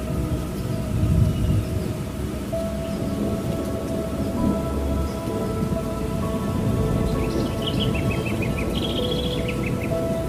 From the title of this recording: Calming Thunderstorms, Birds, and Meditation Music